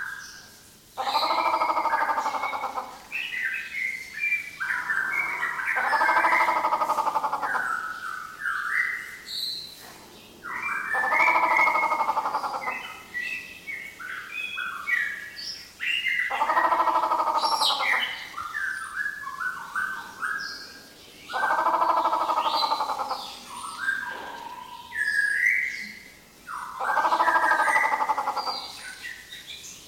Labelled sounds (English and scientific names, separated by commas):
Grey Peacock-Pheasant (Polyplectron bicalcaratum)